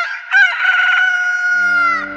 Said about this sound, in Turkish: Ahali horoz ötüyor diye fısıldadı ve sustu.